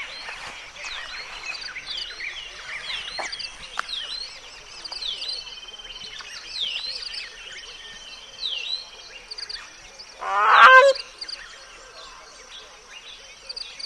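Bird song of varied slurred whistles, several falling and rising notes, broken near the end by one loud harsh burst.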